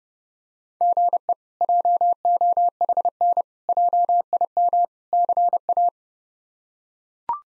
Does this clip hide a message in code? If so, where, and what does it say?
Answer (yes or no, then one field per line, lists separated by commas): yes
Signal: Morse code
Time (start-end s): 0.8-5.9 s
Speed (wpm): 32 wpm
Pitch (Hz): 700 Hz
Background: none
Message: GE JOHN JIM CA